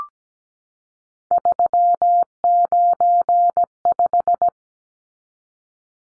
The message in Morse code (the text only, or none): 395